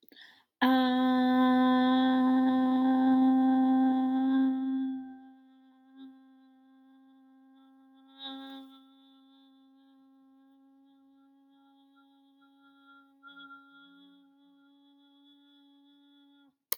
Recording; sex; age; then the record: vowel held as long as possible; female; 30 to 39 years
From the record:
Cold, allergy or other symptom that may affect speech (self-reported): no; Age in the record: 32 years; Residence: Colorado, United States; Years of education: 18